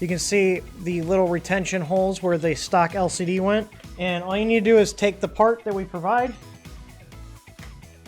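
Someone talks over background music while handling a supplied printed plastic cap for an EVNOVO/Artillery Sidewinder X1 3D printer EZLCD upgrade kit, about to press it into the retention holes where the stock LCD was mounted on the printer's base frame. After the talking stops, only faint short sounds are heard under the music near 6.7, 7.1 and 8.1 s. Nothing has snapped or seated yet.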